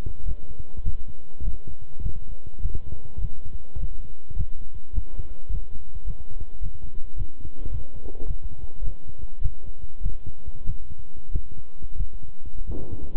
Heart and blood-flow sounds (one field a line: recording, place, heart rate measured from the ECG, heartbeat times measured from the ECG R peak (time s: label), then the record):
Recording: heart sounds by stethoscope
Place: between the tricuspid and mitral areas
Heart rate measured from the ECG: 102 bpm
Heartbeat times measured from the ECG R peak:
0.24 s: heartbeat
0.83 s: heartbeat
1.42 s: heartbeat
2.01 s: heartbeat
2.60 s: heartbeat
3.19 s: heartbeat
3.78 s: heartbeat
4.35 s: heartbeat
4.93 s: heartbeat
5.49 s: heartbeat
6.05 s: heartbeat
6.61 s: heartbeat
7.15 s: heartbeat
7.70 s: heartbeat
8.26 s: heartbeat
8.82 s: heartbeat
9.41 s: heartbeat
10.01 s: heartbeat
10.64 s: heartbeat
11.31 s: heartbeat
11.96 s: heartbeat
12.65 s: heartbeat
From the record:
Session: walking at 3.7 km/h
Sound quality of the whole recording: good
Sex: male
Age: 26 years